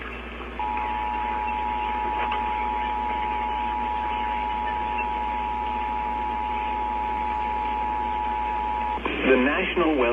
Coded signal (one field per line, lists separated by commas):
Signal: Emergency Alert System (SAME) tones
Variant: 853 and 960 Hz attention tone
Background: speech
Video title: I Recorded EAS Alerts for 2 weeks and now I want to die ;-;… EAS Alerts from 7/18/21-7/31/21.